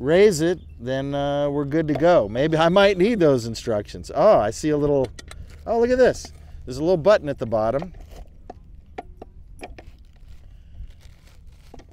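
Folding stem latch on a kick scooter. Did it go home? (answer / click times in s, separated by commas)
yes / 9.0 s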